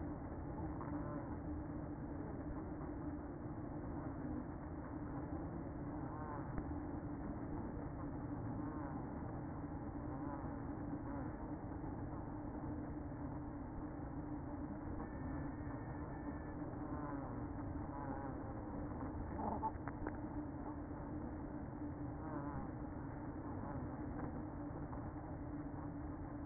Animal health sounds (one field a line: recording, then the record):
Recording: honeybee colony, microphone inside the hive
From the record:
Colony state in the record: queen present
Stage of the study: after two queens were removed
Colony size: about 60,000 bees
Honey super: yes